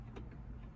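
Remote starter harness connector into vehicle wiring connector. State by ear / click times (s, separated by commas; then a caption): not seated / none. In a tight space under a dashboard, an installer handles a remote starter's plastic wiring harness connector and pushes it toward the vehicle's wiring connector. Over a steady low rumble, two brief handling noises are heard at about 0.2 and 0.3 seconds. Nothing has seated or clicked yet.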